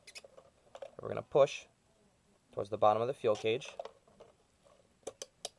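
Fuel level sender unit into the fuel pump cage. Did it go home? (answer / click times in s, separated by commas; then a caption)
yes / 5.5 s. Someone talks while a fuel level sender (meter) is pushed down toward the bottom of a plastic fuel pump cage, with a few faint taps early on. Near the end, a quick series of sharp clicks ends with the sender's tab snapping into place at 5.5 s, leaving it seated and locked in the cage.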